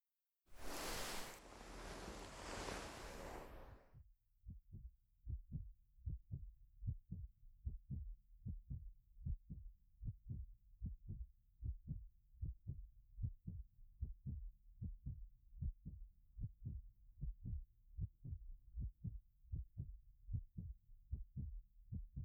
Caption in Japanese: 人間の心臓の音のリズムを聞いているとよく眠れるんだそうですよ。 私の胸に耳を当てて心臓の音を聞いてみてください。